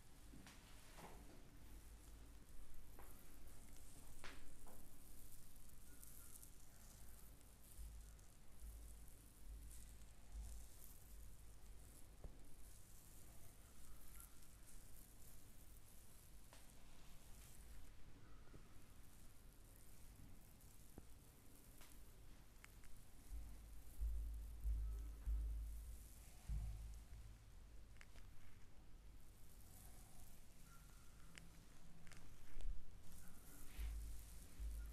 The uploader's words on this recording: ASMR relaxing neck and back massage with akcent on the arms.